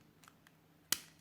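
A plastic part of a 2009–2014 Acura TSX key fob is pressed back into the fob housing during a battery replacement. After a few faint ticks, it snaps home with one sharp, loud click at 0.9 s, and the piece is seated.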